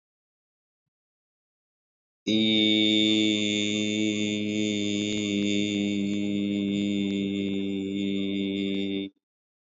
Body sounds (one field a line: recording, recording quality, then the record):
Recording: sustained vowel as in beet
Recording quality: excellent, no background noise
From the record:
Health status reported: healthy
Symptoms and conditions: none ticked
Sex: male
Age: 57 years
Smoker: not ticked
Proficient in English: yes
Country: India